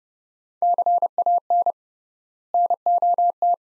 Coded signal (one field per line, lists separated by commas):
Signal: Morse code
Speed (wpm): 30 wpm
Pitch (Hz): 700 Hz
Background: none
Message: CAN NOT